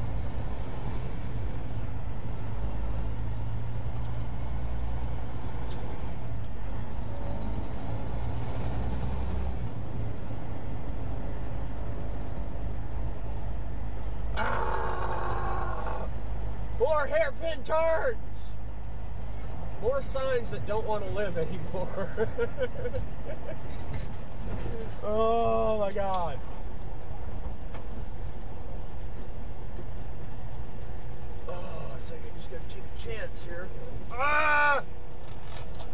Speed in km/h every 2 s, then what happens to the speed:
29, 31, 31, 37, 42, 40, 42, 42, 44, 44, 44, 42, 37, 34, 29, 24, 18, 10.
4-8 speeds up to 42. 8-20 steady at about 42. 20-36 slows to 10.